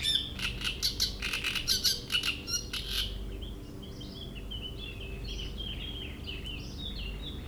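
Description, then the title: Great reed warbler song, rough chattering phrases pulsing several times a second for three seconds, then softer whistled notes in the background. Shrill song in a reed bed at Chatillon beach, Chindrieux, France; a migrant from Africa that can sing day and night. "Roselière plage Chatillon, Chindrieux, France - Rousserole turdoïde"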